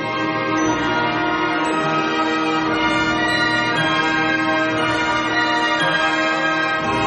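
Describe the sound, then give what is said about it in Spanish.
Small bells chime brightly over a full, sustained orchestral swell, their metallic ringing layered on steady strings at an even, fairly loud level, with no voices. “Ahora se suman las campanillas en lo alto.”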